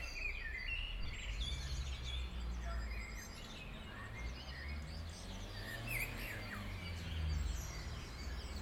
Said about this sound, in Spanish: La televisión está prendida a lo lejos y cantan los gallos entre otras aves.